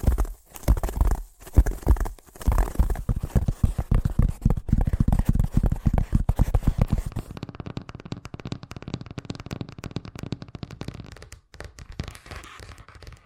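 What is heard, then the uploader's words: Fast tapping in dense, rapid bursts, each tap a short sharp click. The first half is louder and fuller with a heavier low thump, broken by brief pauses near the start; after about seven seconds the taps turn thinner and quieter but keep their quick pace. ASMR Braingasm Inducing Fast Tapping (No Talking).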